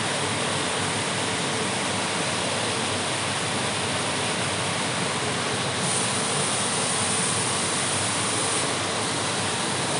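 A waterfall in a multipurpose plaza pours with a constant, dense rush of water that holds one level throughout. The roar spreads from low rumble to bright hiss, and the hiss turns a little sharper from about six to eight and a half seconds.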